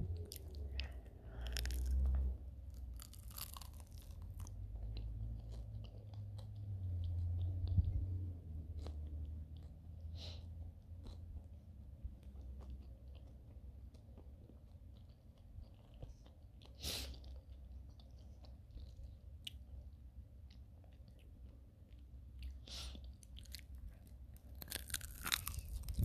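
Someone eats fish sticks, with scattered bites and chewing over a low, steady rumble. Sharp crunchy clicks land irregularly, clustering near the start, around seventeen seconds, and again toward the end, with quieter stretches between.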